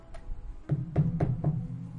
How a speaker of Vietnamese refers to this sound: Hai người ăn xong điểm tâm đơn giản thì ra ngoài, cửa lại truyền tới tiếng gõ nhẹ nhẹ.